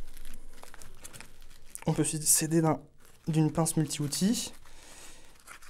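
An AYCE pouch attachment strap is pushed fully down through MOLLE/belt webbing until it locks, with soft rustling and small ticks before a sharp click at 1.8 s as the tab seats. Someone then talks over faint handling sounds.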